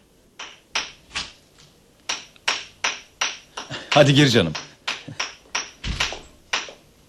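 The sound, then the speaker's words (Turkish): Repeated hammer blows ring out in a steady series of sharp, bright knocks, roughly two or three per second, as a man works in his room in an apartment, while a voice speaks briefly partway through. “Duyuyor musun çekiş seslerini? Babam yine odasında çalışıyor.”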